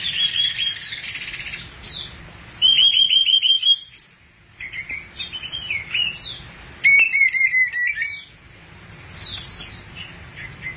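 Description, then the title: Thrush song with loud rapid trills and buzzy chattering phrases, broken by short whistled notes and pauses. "burung anis x"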